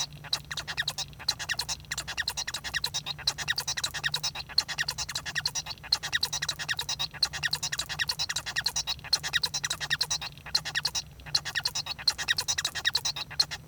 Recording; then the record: song of a male Bengalese finch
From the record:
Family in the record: son of father 1